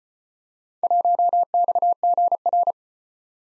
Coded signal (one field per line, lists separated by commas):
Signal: Morse code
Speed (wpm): 33 wpm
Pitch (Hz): 700 Hz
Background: none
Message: 1XGR